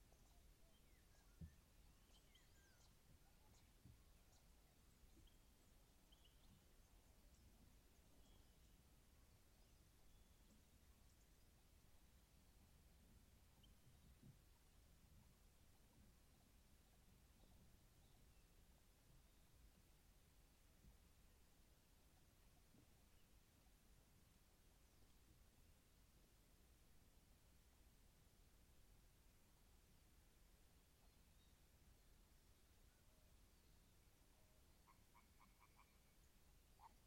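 An evening at a clay pit: a steady, quiet hush with a low rumble underneath that barely changes throughout. Faint, scattered calls, possibly frogs or birds, surface now and then in the first half, and a short, brighter call cluster appears near the end.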